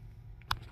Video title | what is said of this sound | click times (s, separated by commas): How to Remove your Headliner on 99-06 Silverado. | and you'll hear a snap, and each side will come out of the ceiling. | 0.5 s